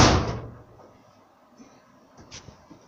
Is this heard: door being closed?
yes